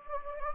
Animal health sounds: mosquito wingbeat signal from an infrared sensor; Anopheles gambiae

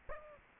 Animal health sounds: mosquito wingbeat signal from an infrared sensor; Aedes aegypti

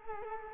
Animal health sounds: mosquito wingbeat signal from an infrared sensor; Culex quinquefasciatus

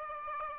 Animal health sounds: mosquito wingbeat signal from an infrared sensor; Aedes aegypti

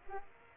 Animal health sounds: mosquito wingbeat signal from an infrared sensor; Aedes aegypti

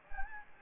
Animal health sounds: mosquito wingbeat signal from an infrared sensor; Anopheles gambiae

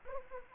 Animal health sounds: mosquito wingbeat signal from an infrared sensor; Anopheles arabiensis

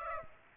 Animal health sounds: mosquito wingbeat signal from an infrared sensor; Aedes aegypti

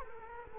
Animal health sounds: mosquito wingbeat signal from an infrared sensor; Culex quinquefasciatus

